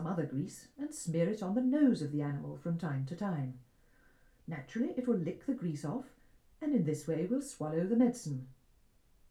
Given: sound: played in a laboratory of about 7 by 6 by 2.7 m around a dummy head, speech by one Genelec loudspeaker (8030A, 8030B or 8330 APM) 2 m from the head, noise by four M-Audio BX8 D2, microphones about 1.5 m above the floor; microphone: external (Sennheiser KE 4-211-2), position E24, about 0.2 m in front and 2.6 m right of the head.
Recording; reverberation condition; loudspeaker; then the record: female speech in English; low; 60 degrees to the right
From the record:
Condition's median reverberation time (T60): about 310 ms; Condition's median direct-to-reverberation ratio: about 3.5 dB